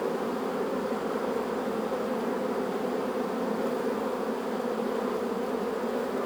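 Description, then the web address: Honey bees give an unbroken low buzzing, many wings droning together at a steady level. Beehive exterior, recorded in front of the landing zone from 1 meter, stereo ORTF microphone setup. "GDC 2017-Game Audio Bundle Sound Holder - Beehive bees hive exterior in front of landing zone"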